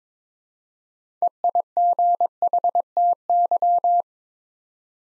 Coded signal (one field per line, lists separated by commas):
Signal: Morse code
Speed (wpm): 22 wpm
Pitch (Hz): 700 Hz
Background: none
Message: EIGHTY